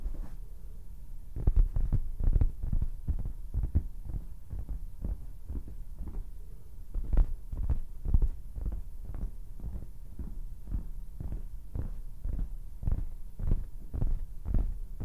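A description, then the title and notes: Fabric tapping and rubbing, a steady run of soft low thumps about twice a second over a faint hum, with scratchy rustles between. ASMR THE MOST COMFY AND SOFT SOUNDS TO SLEEP FABRIC SCRATCHING, RUBBING AND TAPPING - NO TALKING.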